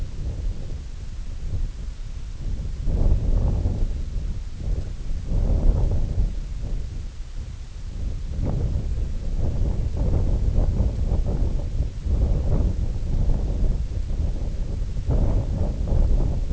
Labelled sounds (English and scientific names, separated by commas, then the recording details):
none
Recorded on Arctic tundra, site IGLO-D, on 20 June 2018
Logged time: 16:00